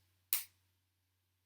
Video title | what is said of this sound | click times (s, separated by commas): A must upgrade for Slash Bandit Rustler Stampede GTR Shocks better than just shock cap replacement | place it on top and then spin it left until you hear it kind of click and sit | 0.3 s